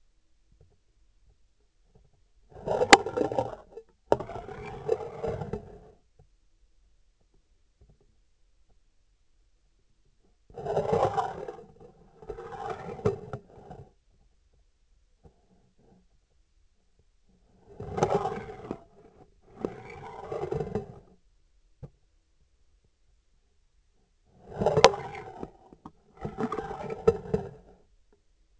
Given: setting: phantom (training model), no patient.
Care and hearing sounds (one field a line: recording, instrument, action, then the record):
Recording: laparoscopic instrument, vibration sensor on the handle end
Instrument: scissors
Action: approaching and retracting movements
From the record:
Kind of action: spatial motion